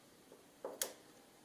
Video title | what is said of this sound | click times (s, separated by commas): Part 51: Electronic Instrument Cluster Conversion - Part 5 - My 76 Mazda RX-5 Cosmo Restoration | always satisfying when it clicks into place | 0.8 s